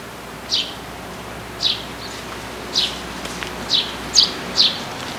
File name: Passer montanus